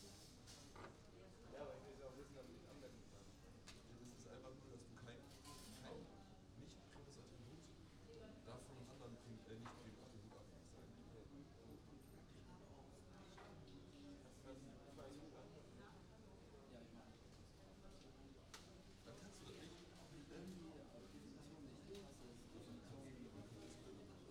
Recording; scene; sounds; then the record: everyday scene through a hearing-aid microphone; many people talking; many voices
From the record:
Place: university cafeteria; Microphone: in the ear canal, right